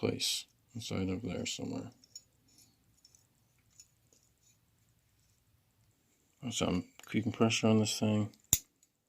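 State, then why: Seated. While someone talks, a small spring-loaded steel part is held under pressure and pushed into an M1 Carbine bolt or receiver assembly, with faint small taps in between. A sharp, loud click at 8.5 s marks the part catching and seating firmly in place so it won't come out.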